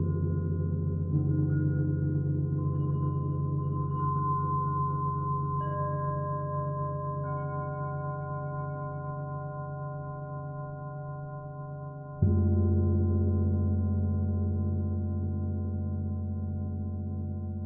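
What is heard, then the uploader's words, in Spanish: Tibetan singing bowls ring in long, overlapping tones that hold steady and slowly fade. New pitches join around two, six and seven seconds, and at about twelve seconds a fresh strike brings a louder, deep hum that rings on through the end. Cuencos Tibetanos.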